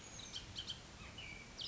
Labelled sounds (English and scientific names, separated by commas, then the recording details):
Bullock's Oriole (Icterus bullockii)
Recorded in Sonoma County, California